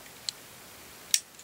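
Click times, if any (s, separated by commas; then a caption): 1.1 s. The hammer of a Vostok Margolin .22 Short steel target pistol is drawn into the half-cock notch, the pistol's only safety. A faint click comes at 0.3 s, then the sear engages with a sharp, bright metallic click at 1.1 s, followed by a few soft ticks. The hammer is caught and held in the half-cock notch.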